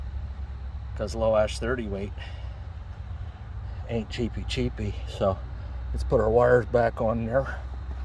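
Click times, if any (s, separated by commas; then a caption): none. On a Farmall Super C tractor, after the oil-filter housing is tightened, the rubber spark plug wire boots are being handled to go back onto the engine's spark plugs. Someone talks over a low, steady rumble. Nothing has seated or clicked yet.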